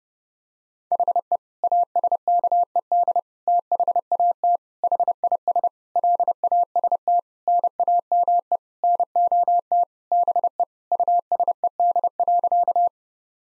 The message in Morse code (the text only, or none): HE ASKED THAT HIS LAST NAME NOT BE USED.